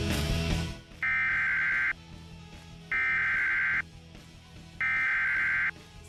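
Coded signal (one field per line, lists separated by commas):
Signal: Emergency Alert System (SAME) tones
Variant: header bursts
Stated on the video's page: Severe Thunderstorm Warning relayed by a television station.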